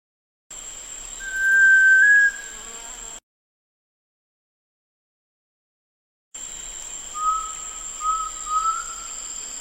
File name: canto do pavaozinho do para